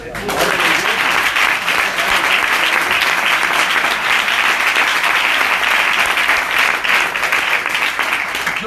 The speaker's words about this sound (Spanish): Un aplauso a la compañera. ¿Ese aplauso fue para el señor o para la compañera? ¿Y para el señor?